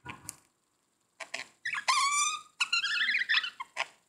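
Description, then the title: Budgerigar warble: a few clicks, then long buzzy harmonic notes with rising and wavering tones, ending in a short sharp chirp. "Budgie Sounds"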